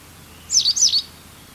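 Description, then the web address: Bird giving a single high, slurred chirp of two quick linked notes, clear over a quiet background. "cianscape birddata Deverinetal 2025"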